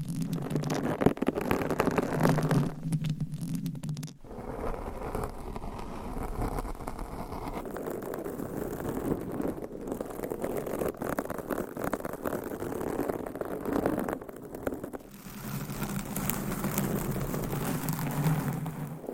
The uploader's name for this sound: Mic Scratching - Brain Scratching with 20 DIFFERENT MICS & CLAWS